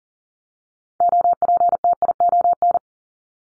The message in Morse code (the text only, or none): OPTION